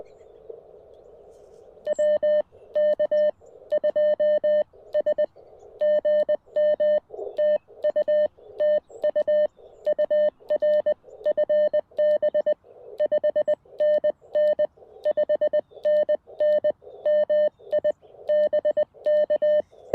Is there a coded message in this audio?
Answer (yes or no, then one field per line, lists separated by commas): yes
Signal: Morse code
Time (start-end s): 1.9-19.6 s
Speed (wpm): 20 wpm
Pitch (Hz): 600 Hz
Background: none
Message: WK2S GM TU TU UR FB 5NN 5NN MI BK